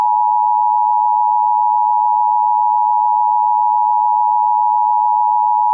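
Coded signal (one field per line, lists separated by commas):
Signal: Emergency Alert System (SAME) tones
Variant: 853 and 960 Hz attention tone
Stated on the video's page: Fictional EAS scenario analog horror recreation.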